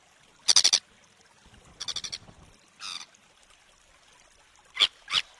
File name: Canto da gaivota de sabine